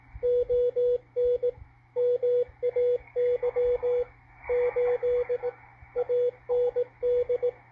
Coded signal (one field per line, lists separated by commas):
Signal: Morse code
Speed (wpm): 19 wpm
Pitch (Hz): 490 Hz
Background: radio noise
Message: ON MAY 8 AND